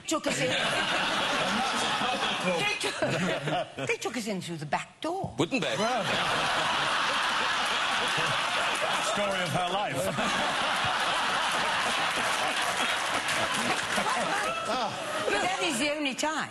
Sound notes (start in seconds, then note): 5.8 laughter; 10.2 laughter